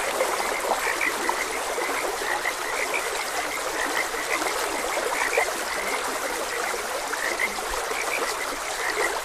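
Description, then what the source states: Dense frog chorus of short, repeated croaking calls, over the constant trickling and rushing of stream water. Frogs croaking beside a gentle stream.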